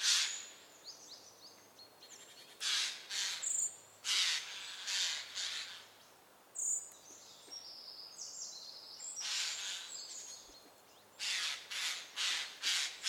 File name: Garrulus glandarius